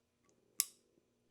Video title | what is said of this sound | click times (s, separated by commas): This Ammo Nearly Ruined My Hunt | You can almost hear a click when I do this. | 0.6 s